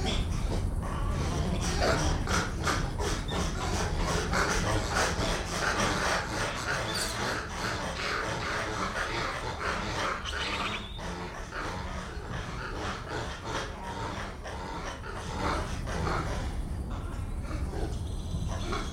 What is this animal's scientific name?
Macaca sylvanus